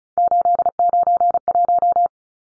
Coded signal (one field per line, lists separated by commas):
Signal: Morse code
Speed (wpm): 34 wpm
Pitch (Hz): 700 Hz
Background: none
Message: 891